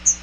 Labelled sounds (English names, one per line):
Chestnut-sided Warbler flight call